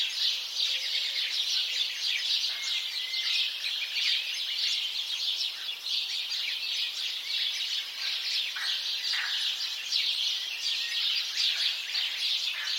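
House sparrow chirps, many overlapping birds giving busy, rapid chatter throughout, occasional louder individual notes standing out.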